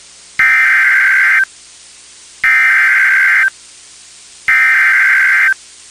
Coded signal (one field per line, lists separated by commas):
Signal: Emergency Alert System (SAME) tones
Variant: header bursts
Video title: WWG83 PAH Severe Thunderstorm Warning EAS #53 (1/9/26)